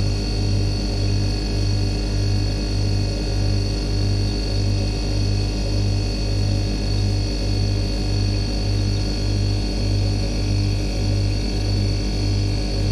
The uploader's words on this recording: Fridge drone - Instant Sound Art. No editing apart from fade-in and fade-out, some processing (EQ, effects).